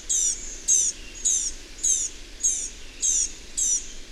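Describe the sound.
Bird song: bright, high chirps repeated evenly about every half second, each a short sharp sweep.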